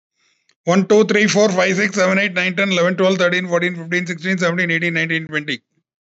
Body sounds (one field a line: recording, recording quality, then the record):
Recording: counting at a fast pace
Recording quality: excellent, no background noise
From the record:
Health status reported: healthy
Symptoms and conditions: diabetes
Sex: male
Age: 50 years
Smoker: yes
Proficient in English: yes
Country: India